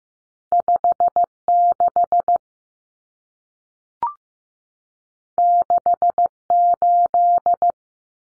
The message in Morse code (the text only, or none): 56 68